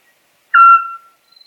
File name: Golosa ptic i zverei - Sovka-spliushka